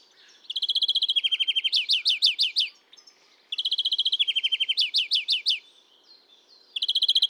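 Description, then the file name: European greenfinch song: fast chattering trills that shift into a burst of rising twitters, repeated in quick succession with short pauses between phrases. "Chloris chloris"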